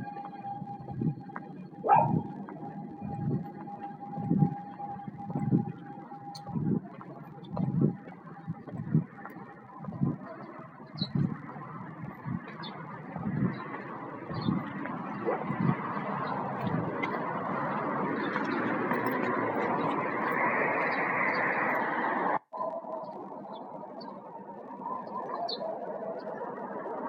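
Morning wind builds into a steady rush after regular low thumps and a held tone, with faint scattered bird chirps and an abrupt break near the end.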